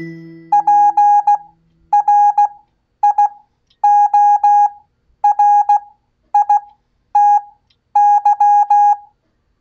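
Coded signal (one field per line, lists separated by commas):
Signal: Morse code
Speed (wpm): 16 wpm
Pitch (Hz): 820 Hz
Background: none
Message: PRIORITY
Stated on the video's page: Koch method practice at 15 WPM with Farnsworth spacing, generated by a Vectronics PMT 228 CW generator.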